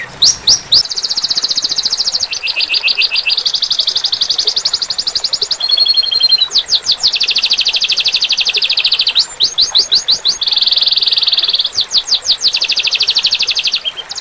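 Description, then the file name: Domestic canary singing nonstop, linking fast high trills, buzzy rolls and a brief lower warble into a long unbroken chain of changing phrases. Standard-type domestic canary, kenari standar. "omkicau com kenari standar"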